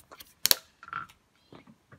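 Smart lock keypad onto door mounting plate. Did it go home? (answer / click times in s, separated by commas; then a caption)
yes / 0.5 s. After the correct flat screws are swapped in, the keypad cover of a SimpliSafe smart lock is pressed onto its door mounting plate. Two sharp, bright snaps land close together at about 0.5 s and 0.5 s, with faint handling noises before and after. The keypad seats firmly in place.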